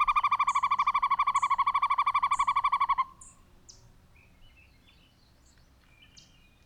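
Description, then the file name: Northern hawk-owl giving a fast, even trill of hollow hoots for about three seconds before stopping; thin high whistled notes from another bird are repeated throughout. Male, hooting. "American Hawk Owl Hooting of male"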